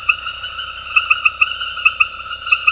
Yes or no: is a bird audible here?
no